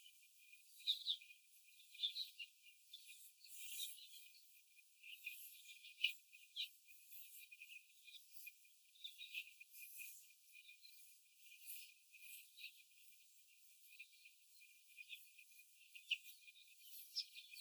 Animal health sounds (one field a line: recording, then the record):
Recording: young laying hens in a cage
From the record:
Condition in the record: after the stressor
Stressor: simulated dog barking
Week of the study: 4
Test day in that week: 1